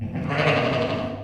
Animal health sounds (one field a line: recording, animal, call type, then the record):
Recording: contact call of a hoofed animal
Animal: sheep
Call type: low-frequency (closed-mouth) or high-frequency (open-mouth) call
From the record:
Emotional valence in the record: negative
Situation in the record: short social isolation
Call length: 1.24 s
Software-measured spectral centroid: 1630 Hz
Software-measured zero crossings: 1520 a second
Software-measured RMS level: -24 dBFS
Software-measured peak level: -6 dBFS